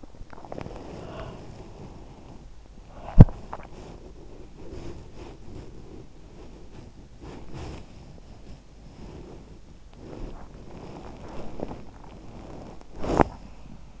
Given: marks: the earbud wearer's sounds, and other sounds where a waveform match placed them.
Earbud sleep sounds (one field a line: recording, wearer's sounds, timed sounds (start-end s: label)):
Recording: sounds in sleep by an in-ear microphone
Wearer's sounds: body movement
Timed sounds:
0.00-14.00 s: body movement